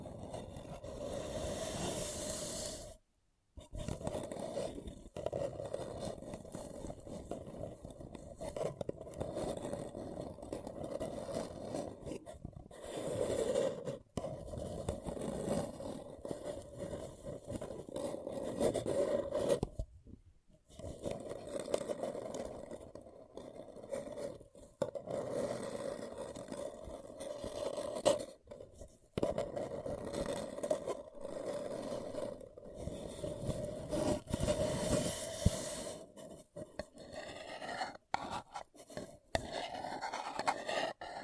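A paper cup is handled and rubbed, giving a steady scraping, rasping sound with a bright crinkly edge and a low hollow tone underneath. The rustling runs almost continuously, broken by brief silences near 3, 20 and 29 seconds, with sharper scratches scattered throughout.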